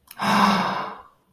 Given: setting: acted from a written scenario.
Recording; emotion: vocal sound without words; positive surprise